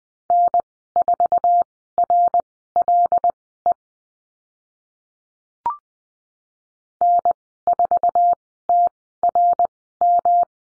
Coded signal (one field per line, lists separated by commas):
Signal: Morse code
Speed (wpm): 20 wpm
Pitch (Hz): 700 Hz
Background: none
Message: N4RLE N4TRM